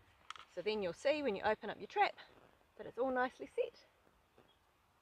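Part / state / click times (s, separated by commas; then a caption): plastic snap trap locking into the trap box / seated / 0.3 s, 0.4 s. A plastic rat snap trap is turned inside its trap box and locks in place, giving two sharp, short clicks at 0.3 and 0.4 seconds. Someone then talks. The trap is seated and locked in the box.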